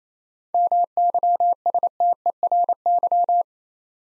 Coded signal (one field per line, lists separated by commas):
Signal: Morse code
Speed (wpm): 27 wpm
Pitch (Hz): 700 Hz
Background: none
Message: MYSTERY